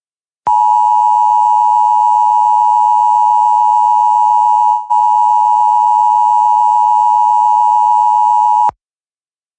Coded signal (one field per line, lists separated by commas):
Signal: Emergency Alert System (SAME) tones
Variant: 853 and 960 Hz attention tone